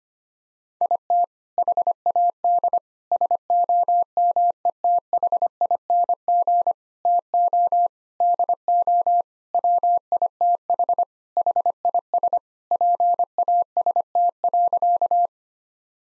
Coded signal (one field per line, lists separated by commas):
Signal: Morse code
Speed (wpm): 25 wpm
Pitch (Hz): 700 Hz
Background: none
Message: IT HAD SOMETHING TO DO WITH HIS PAST.